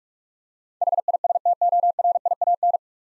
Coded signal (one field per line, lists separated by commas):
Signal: Morse code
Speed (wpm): 44 wpm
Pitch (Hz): 700 Hz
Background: none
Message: HISTORIAN